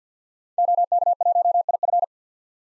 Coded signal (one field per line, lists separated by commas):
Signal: Morse code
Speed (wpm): 50 wpm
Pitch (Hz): 700 Hz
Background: none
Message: OK1IF